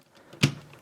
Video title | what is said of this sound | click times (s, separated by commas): DX Rumble Tusk Megazord Review [Power Rangers Ninja Steel] | and it's gonna click into place right at the top. | 0.4 s